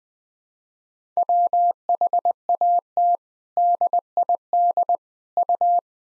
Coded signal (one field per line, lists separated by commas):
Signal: Morse code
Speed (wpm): 20 wpm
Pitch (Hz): 700 Hz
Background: none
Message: WHAT DID U